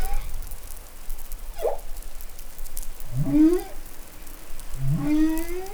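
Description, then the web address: Humpback whale song: a short chirp followed by two rising upsweeps that curve into steady higher tones, over a background of underwater hiss. Recorded in New Caledonia on 20 July 2013. "SOUNDLIB MEDsea Arctiqueet Pacific Baleinea Bosse Nouvelle Caledonie 20130720"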